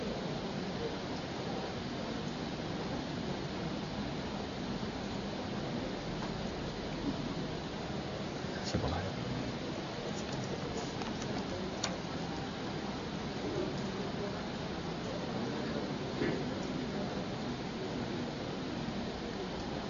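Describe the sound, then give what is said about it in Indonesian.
Heavy rain pours down in a dense, unbroken hiss that holds steady throughout, with a few brief sharp ticks of drops standing out now and then. “Kalau kita tetap datang ke kajian meski hujan seperti ini, naik motor dan pakai jas hujan, apakah termasuk takalluf?”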